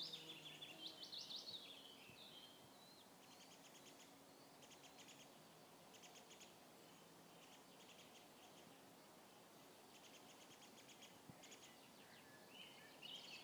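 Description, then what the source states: Birds singing: a bright high trill opens, then rapid clicking, ticking phrases repeat through the middle, with another short song near the end over soft steady background noise. Birds in a forest.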